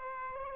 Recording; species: mosquito wingbeat signal from an infrared sensor; Aedes aegypti